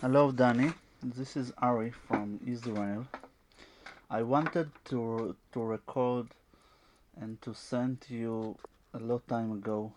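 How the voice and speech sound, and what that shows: Speech of a 25-year-old man from Israel with very severe stuttering: a repeated word, stretched sounds, very severe blocks and long silent pauses. He has had fluency shaping and stuttering modification therapy.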